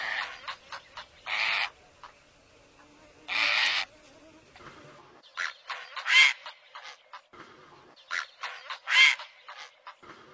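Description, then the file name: Great blue heron calls: short hoarse rasps and two long grating squawks, then more short rasps and croaks in uneven rhythm. "Canto do garca azul grande"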